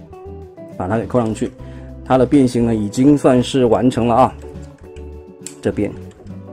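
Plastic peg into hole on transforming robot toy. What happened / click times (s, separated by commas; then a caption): The plastic peg is being handled but has not clicked into place yet / none. A plastic peg on a part of a ZEUS MAGIC TOY ZS01 Guardian of Universe transforming robot toy, an enlarged SS Shockwave, is handled and pushed toward its hole while guitar music plays and someone talks. A brief sharp sound stands out at 5.5 s. Nothing has seated or clicked yet; the peg is still not home when the clip ends.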